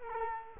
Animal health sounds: mosquito wingbeat signal from an infrared sensor; Culex quinquefasciatus

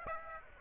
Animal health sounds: mosquito wingbeat signal from an infrared sensor; Aedes aegypti

